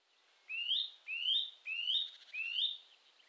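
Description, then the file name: Eurasian nuthatch repeating four clear, upslurred piping whistles about every six tenths of a second, each note rising steadily in pitch. "Sitta europaea"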